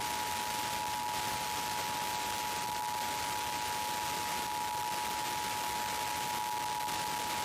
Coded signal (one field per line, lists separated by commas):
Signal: Emergency Alert System (SAME) tones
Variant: 853 and 960 Hz attention tone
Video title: Pennsylvania Required Monthly Tests (2/17/22)(EAS 1098-1106)